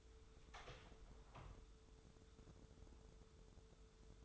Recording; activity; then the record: daily activity, microphone in the room; open door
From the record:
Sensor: 3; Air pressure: 1015.2 hPa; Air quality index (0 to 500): 155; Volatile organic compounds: 10 ppm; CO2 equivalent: 2206 ppm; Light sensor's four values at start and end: 15/39/16/17 and 15/39/16/17